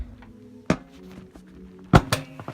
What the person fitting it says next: Heard a nice click, nice and tight, even a pretty good pull.